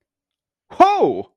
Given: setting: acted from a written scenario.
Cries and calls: vocal sound without words; positive surprise

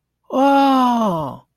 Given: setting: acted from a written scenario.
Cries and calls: vocal sound without words; awe

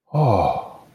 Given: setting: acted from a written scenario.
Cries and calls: vocal sound without words; awe

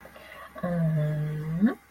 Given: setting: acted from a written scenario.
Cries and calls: vocal sound without words; confusion

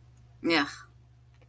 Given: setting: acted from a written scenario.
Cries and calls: vocal sound without words; contempt

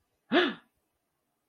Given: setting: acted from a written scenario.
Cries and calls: vocal sound without words; fear

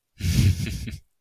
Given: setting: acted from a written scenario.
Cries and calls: vocal sound without words; amusement

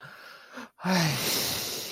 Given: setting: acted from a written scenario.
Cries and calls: vocal sound without words; guilt

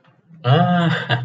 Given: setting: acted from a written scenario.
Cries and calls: vocal sound without words; triumph

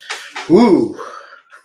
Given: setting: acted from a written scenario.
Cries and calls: vocal sound without words; relief

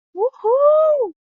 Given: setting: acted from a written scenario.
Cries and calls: vocal sound without words; elation

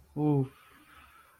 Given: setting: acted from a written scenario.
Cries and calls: vocal sound without words; relief

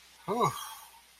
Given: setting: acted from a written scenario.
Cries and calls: vocal sound without words; awe

